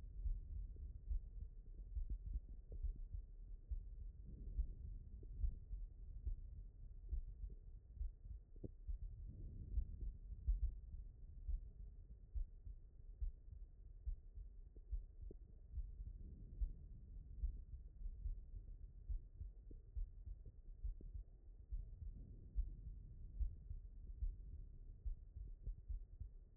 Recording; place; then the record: heart sounds by stethoscope; aortic valve (AV)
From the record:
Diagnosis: non-HFrEF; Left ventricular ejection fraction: 69%